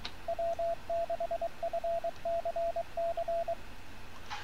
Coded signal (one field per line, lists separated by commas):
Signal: Morse code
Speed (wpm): 23 wpm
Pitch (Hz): 680 Hz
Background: radio noise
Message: W6FCC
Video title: CW with RS BA1 by W6FCC